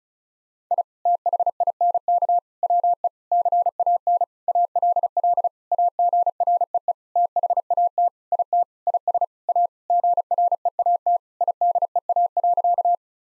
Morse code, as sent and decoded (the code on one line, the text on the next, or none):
.. / - .... .. -. -.- / .-- . / -.-. .- -. / .- .-.. .-.. / .- --. .-. . . / - .... .- - / .. - / .. ... / .- / --. .-. . .- - / .. -.. . .- .-.-.-
I THINK WE CAN ALL AGREE THAT IT IS A GREAT IDEA.